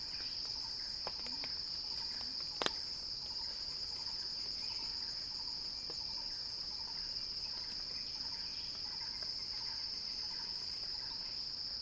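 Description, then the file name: Cicada song as an unbroken shrill buzz, steady in level, with a sharp click near the third second and faint chirping in the background. Recording titled as a cicada crescendo. "Axel-Drioli Cicada-Crescendo-Sounding-Wild"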